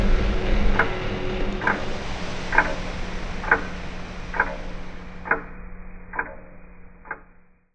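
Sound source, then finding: Heart by stethoscope. Extra heart sounds (clicks).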